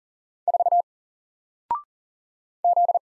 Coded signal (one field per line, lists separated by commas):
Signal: Morse code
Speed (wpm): 40 wpm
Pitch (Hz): 700 Hz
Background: none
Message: 4 Z